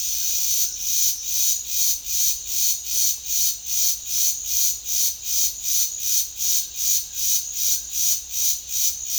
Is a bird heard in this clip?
no